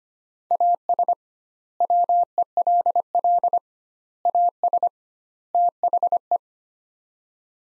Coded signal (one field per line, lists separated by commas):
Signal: Morse code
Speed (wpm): 25 wpm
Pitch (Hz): 700 Hz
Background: none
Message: AS WELL AS THE